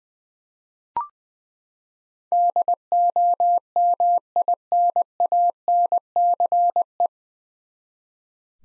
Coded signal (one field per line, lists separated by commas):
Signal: Morse code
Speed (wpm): 20 wpm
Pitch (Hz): 700 Hz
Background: none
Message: DOMINANCE